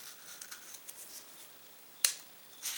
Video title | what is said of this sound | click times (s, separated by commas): Cleaning & Takedown Of 3 Different Suppressors - Cans - Silencers | with that click that means it's threading right | 2.0 s